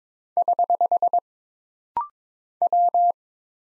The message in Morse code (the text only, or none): <HH> W